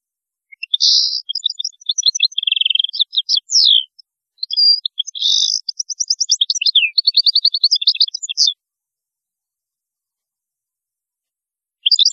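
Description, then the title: European goldfinch song, a long rambling stream of tinkling twitters, buzzy rattles and quick chirps, stopping abruptly before a final short phrase at the end. "Chant Chardonneret"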